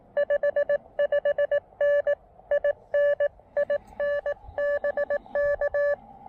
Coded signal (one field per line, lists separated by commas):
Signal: Morse code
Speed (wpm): 20 wpm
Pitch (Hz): 590 Hz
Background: none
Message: 55N IN IN BK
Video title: Saturday Morning POTA Activation 1: Pairing the KX2 and AX1 at South Mountains State Park